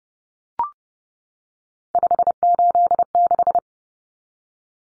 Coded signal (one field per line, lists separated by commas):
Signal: Morse code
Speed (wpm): 30 wpm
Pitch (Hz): 700 Hz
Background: none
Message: 586